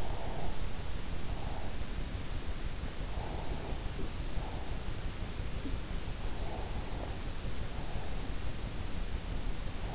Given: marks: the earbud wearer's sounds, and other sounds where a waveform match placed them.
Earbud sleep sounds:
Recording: sounds in sleep by an in-ear microphone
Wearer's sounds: breath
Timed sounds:
0.00-0.65 s: breath
3.07-4.26 s: breath
5.49-7.44 s: sound from someone else or the room

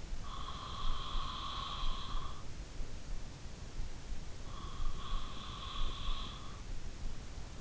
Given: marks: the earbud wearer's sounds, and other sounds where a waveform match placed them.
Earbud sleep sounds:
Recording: sounds in sleep by an in-ear microphone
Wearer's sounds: breath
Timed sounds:
0.00-2.97 s: breath
4.57-7.02 s: breath

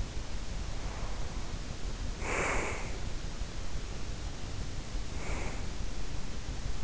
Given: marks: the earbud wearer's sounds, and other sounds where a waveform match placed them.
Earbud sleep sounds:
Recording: sounds in sleep by an in-ear microphone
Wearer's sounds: breath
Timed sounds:
0.64-3.24 s: breath
4.96-5.90 s: breath

